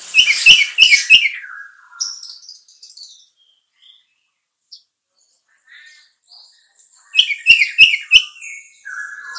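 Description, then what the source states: Sooty-headed bulbul song: loud harsh chattering bursts, a quieter stretch of thin chirps, then another chattering burst and a falling whistle. Song style termed trucukan.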